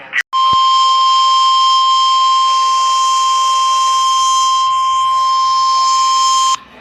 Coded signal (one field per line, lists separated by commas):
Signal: Emergency Alert System (SAME) tones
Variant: 1050 Hz attention tone